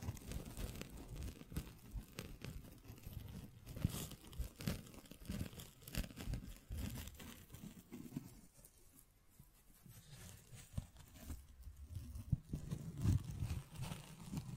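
Scratching, tracing and tapping sounds, dense and irregular, made of rough crinkly strokes with scattered sharper taps throughout. The activity thins out and turns quieter around the middle, roughly from eight to eleven seconds, then picks up again with busier scraping and knocks toward the end.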